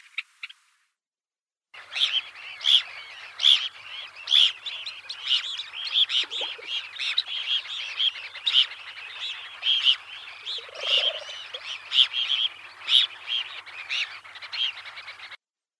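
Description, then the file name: Red phalarope calls: a dense, continuous chatter of sharp, overlapping high chirps and twitters that lasts about fourteen seconds after a short silence. "Plavunchik ploskonosyj"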